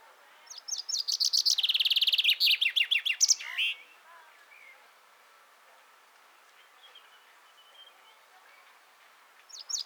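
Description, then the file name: Common chaffinch song: a rapid run of bright notes descending into a trill and ending in a sharp flourish; a second phrase begins at the very end. "Fringilla coelebs"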